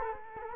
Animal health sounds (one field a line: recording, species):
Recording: mosquito wingbeat signal from an infrared sensor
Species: Culex quinquefasciatus